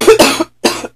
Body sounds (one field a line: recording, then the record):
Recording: coughing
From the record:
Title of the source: 61 morning phlegmy cough...again